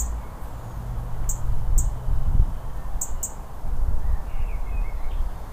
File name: Erithacus rubecula - European Robin